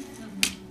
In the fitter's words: On nawet zatrzasnął się odpowiednio tam.